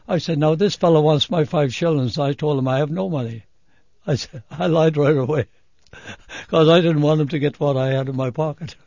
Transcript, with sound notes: I said, now, this fellow wants my five shillings, so I told him I had no money. I said, I lied right away, (he laughs) cause I didn't want him to get what I had in my pocket.